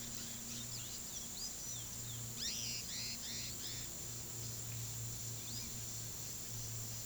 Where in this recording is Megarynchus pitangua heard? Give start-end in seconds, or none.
2.33-3.88